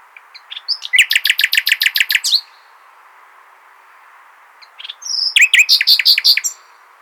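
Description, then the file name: Common nightingale song, two loud rapid trill phrases of repeated notes, each preceded by soft chips, with a pause between. "Luscinia megarhynchos"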